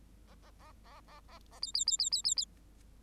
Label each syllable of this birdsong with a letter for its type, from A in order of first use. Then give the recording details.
A A A A A A A B B B B B B B. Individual Bird8